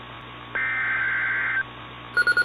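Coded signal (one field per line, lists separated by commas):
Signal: Emergency Alert System (SAME) tones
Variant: header bursts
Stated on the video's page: Fictional EAS scenario, a Fourth of July special, not a real alert.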